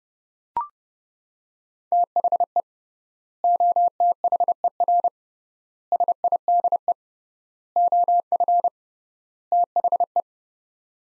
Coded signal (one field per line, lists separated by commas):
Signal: Morse code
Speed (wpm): 30 wpm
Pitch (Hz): 700 Hz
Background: none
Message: THE OTHER SIDE OF THE